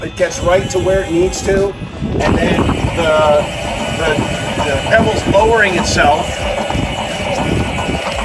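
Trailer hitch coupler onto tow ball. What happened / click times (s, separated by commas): The hitch coupler is still lowering and has not locked yet / none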